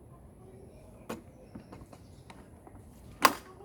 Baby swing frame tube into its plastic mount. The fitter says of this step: here it snap in place then do the same for the other side okay